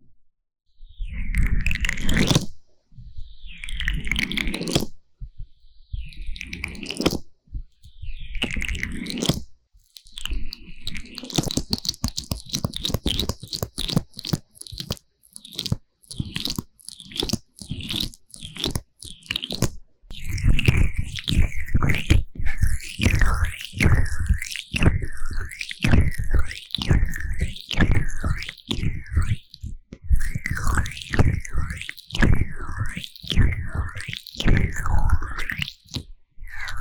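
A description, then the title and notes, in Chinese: Vaseline ear massage sounds: slick, squelching rubs and crunchy crackles that come in quick bursts. The first ten seconds have a few slower separated strokes, then the rubbing turns rapid and near-continuous, with a repeating wavering whoosh from about twenty seconds on. 凡士林耳朵按摩。Vaseline Ear massage Sounds | NoTalking。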